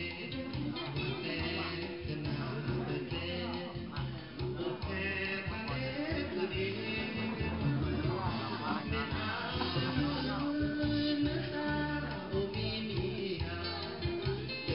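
Recorded music plays steadily through the whole stretch, with a thick, boomy low end and a muffled, dull top, as if from a small speaker. Voices and sung lines weave through it, with no clear pauses.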